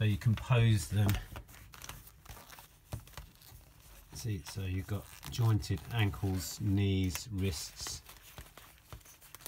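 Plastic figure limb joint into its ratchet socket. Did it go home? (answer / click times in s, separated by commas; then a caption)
no / none. Someone talks while moving the ratcheting plastic joints (ankles, knees, wrists) of a 1/6 scale jointed soldier figure, with faint short ticks and handling rustles around 1.7–1.9 s and 3.1–3.2 s. The clip ends before any limb joint goes home in its ratchet socket; nothing has clicked into place yet.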